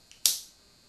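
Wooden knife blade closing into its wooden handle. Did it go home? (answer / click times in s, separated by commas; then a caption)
yes / 0.3 s. The wooden blade of a finished lock-back knife, all wood except for its steel pins, with a wooden spring and a completely dull edge, is folded shut into its wooden handle. A faint tick at 0.1 s comes before a sharp, bright snap at 0.3 s that fades over about a quarter second. The blade closes positively and seats in the closed position.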